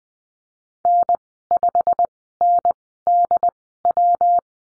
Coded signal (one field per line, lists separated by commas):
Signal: Morse code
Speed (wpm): 20 wpm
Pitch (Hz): 700 Hz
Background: none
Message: N5NDW